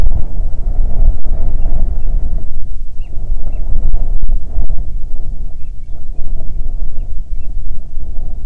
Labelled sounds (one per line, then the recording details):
bird
wind
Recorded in the Arctic National Wildlife Refuge, Alaska, on 9 July 2019 at 22:31
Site 48